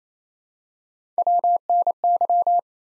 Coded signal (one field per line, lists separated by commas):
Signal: Morse code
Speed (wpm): 28 wpm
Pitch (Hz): 700 Hz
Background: none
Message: WNY